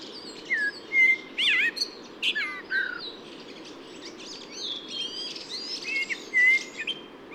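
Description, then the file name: Eurasian blackbird song: varied fluty whistled phrases, slurred up and down, with scratchy high twitters between phrases and a steady low background hiss. At a camp in Ísafjörður. "cbbird-merula-1-M-S is isafjördur-camp"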